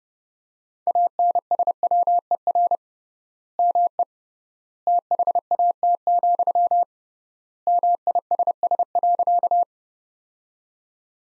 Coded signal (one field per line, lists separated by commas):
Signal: Morse code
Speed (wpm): 30 wpm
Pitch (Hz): 700 Hz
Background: none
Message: ANSWER ME THAT, MISS.